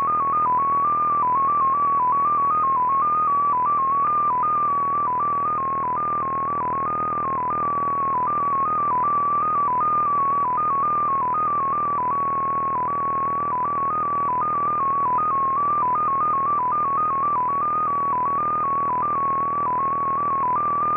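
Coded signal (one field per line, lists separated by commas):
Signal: multi-tone FSK (Olivia or MFSK type)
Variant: XPA2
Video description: XPA2 is a digital mode of the Russian 7 operator. It utilizes a custom 14-tone MFSK system.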